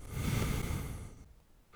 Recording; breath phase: one breath near a microphone; exhalation